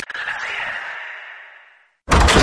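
A door swings open with a long, airy creak that fades out over about two seconds, followed by a short pause and then a sudden loud burst of sound.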